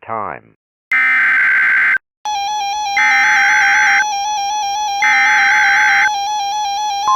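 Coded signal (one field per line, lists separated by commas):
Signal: Emergency Alert System (SAME) tones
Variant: header bursts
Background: speech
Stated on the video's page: Fictional EAS scenario themed on Mortal Kombat, made by a fan rather than broadcast.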